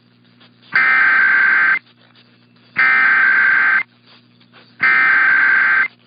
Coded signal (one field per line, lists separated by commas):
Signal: Emergency Alert System (SAME) tones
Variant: header bursts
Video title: One Manic Wednesday Tests Madness (EAS #10569-10616) 4/4-5/23